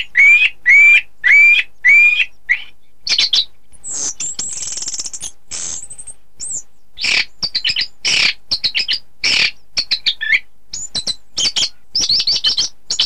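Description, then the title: Thrush song opening with four rising whistled notes, followed by a dense, high medley of chirps, buzzes and quick notes with little pause. "Suara Burung Anis"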